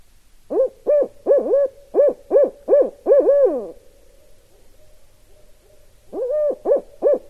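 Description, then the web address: Barred owl hoots in a rhythmic run of several notes closing with a drawn-out slur, then after a silence of about two seconds a second run begins. Recorded 16 November 2012. "Barred Owl 2012 11 16"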